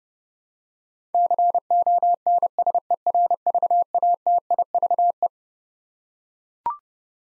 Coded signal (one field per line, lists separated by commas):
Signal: Morse code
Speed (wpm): 32 wpm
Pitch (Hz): 700 Hz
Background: none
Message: CONSERVATIVE